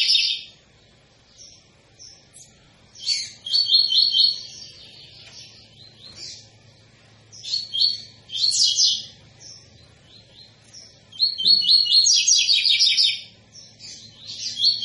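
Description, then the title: Double-collared seedeater: small songbird giving short bursts of high, rapid twittering notes separated by pauses, with a longer, denser phrase near the end. Tui-tui song style, described as a tutor song for teaching young birds. "COLEIRO TUI TUI FIBRA CANTO PROFESSOR"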